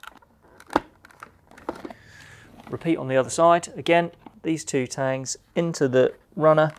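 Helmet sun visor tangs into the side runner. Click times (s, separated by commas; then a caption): 0.8 s. The two tangs on one side of an HJC RPHA-71 motorcycle helmet's internal plastic sun visor are positioned in the side runner and pushed in. A sharp click is heard at 0.8 s as the tangs seat into the runner. Someone then talks.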